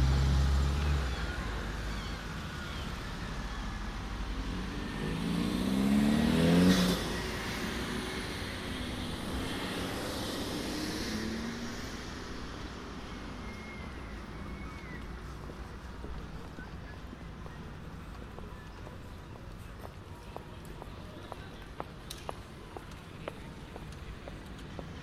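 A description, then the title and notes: City square atmosphere with steady traffic noise throughout. A vehicle passes, building up and peaking around six to seven seconds before fading, then the scene settles into a softer rumble with scattered small clicks and taps from pedestrians later on. Recorded March 4th 2014.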